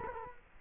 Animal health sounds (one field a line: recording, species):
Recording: mosquito wingbeat signal from an infrared sensor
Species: Culex quinquefasciatus